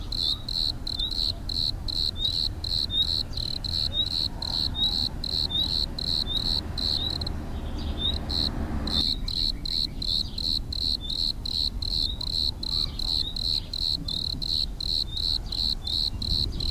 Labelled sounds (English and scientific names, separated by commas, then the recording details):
Bordeaux Cricket (Eumodicogryllus bordigalensis) stridulation
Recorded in the wild
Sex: male
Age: imago
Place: Arles, Provence, Provence-Alpes-Côte d'Azur, FR
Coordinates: 43.6517, 4.62833
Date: 1994-05-17
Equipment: Sony TCD-D3, 2 Sennheiser MKE 2 in Doppelreflektoren (Eigenbau)
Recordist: Krey, Winfried